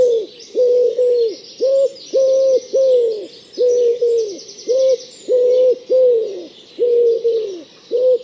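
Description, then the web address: Bird repeating soft, hollow cooing notes, some drawn out and falling at the end, in a steady series. Thin high twittering from other birds is heard behind it. "cianscape. Deverinetal"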